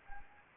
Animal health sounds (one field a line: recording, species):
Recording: mosquito wingbeat signal from an infrared sensor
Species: Anopheles arabiensis